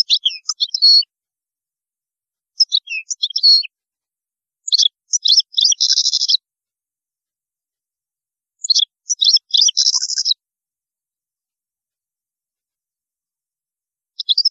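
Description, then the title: European goldfinch singing bursts of rapid, tinkling twitters and buzzy trills, several phrases separated by pauses of a second or more. "Chant Chardonneret"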